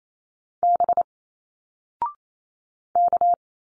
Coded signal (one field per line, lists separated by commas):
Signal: Morse code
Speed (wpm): 28 wpm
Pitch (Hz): 700 Hz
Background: none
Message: B K